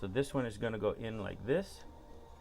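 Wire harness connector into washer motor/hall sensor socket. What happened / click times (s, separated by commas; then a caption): Handled, not yet home: the connector has not clicked in / none. A plastic wire harness connector is being handled at the motor/hall sensor socket of an LG front-load washer during an LE code repair. Someone talks briefly, followed by faint low background noise. Nothing has seated or clicked yet; the clip ends before the connector goes in.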